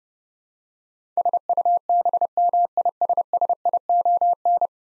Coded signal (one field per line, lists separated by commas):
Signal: Morse code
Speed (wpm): 30 wpm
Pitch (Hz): 700 Hz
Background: none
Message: SUBMISSION